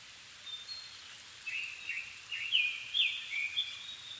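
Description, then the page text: Japanese thrush delivering a phrase of sweet whistles followed by fast, slurred fluty notes, with steady hiss underneath. Recorded 7 May 2011 at 17:59, altitude 270 m, with a Sony PCM-D50 and Panasonic WM-61A microphone. "kurotugumi 20110507-1759. Turdus cardis [Sounds -Nikko Today-]"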